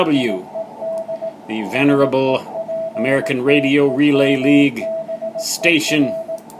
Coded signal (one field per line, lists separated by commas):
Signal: Morse code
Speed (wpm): 17 wpm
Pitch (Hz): 650 Hz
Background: speech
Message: IED SEPTEMBER